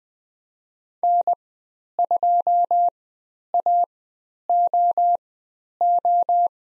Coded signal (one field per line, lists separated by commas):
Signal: Morse code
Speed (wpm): 20 wpm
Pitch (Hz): 700 Hz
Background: none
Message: N2AOO